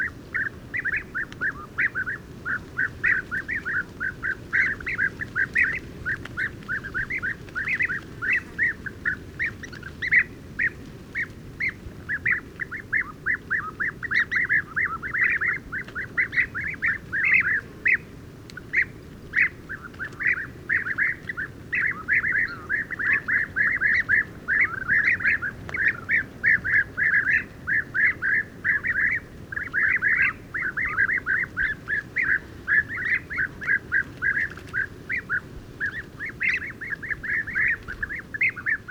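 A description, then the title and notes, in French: A communal roost of European bee-eaters gathering in a large tree at dusk, their rolling, liquid calls overlapping in a dense, continuous chorus throughout. The calls sit in a mid-bright band, many birds at once, over a steady low rumble. Dortoir de Guêpier d'Europe - Mauritanie. Oasis Mayateg - Adrar - Mauritanie - Tlp7 - Mixpre 3. Les Guêpiers d'Europe (Merops apiaster) commencent une prè-migration et se rassemblent le soir pour dormir, ici, dans un très grand acacia. Je vais les rencontrer le soir puis le matin à leur réveil.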